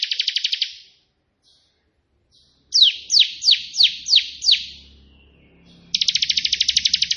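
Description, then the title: Prinia song: a rapid buzzy trill, a pause, six sharp slurred notes in steady succession, then the buzzy trill again. Prenjak putih song with three shooting-style variations (tembakan), intended as tutor song (masteran) for pet prinias. "3 VARIASI TEMBAKAN prenjak putih ini COCOK untuk masteran prenjak anda"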